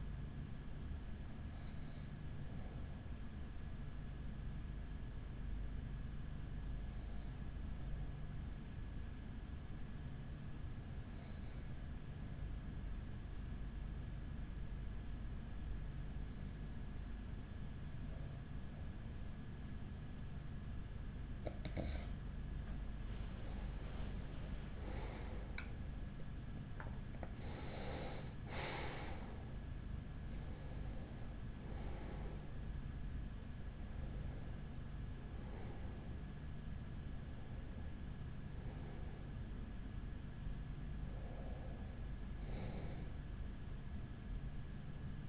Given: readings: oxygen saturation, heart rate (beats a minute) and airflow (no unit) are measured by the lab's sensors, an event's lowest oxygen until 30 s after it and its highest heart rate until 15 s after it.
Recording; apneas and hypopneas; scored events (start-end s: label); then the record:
breathing in sleep by a smartphone at the bedside; 1
5.00-25.20 s: hypopnea (N1, oxygen 96% highest, then 93% lowest, heart rate 42 at the start, 55 highest)
7.00-37.00 s: new sleep stage, N2 (light sleep)
37.00-45.29 s: new sleep stage, N1 (lightest sleep)
From the record:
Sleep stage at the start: N1 (lightest sleep); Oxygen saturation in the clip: 93 to 96%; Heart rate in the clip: 41 to 55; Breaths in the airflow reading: 10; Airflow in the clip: -8.5 to 10.4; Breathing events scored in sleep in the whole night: 207 in 7.6 hours asleep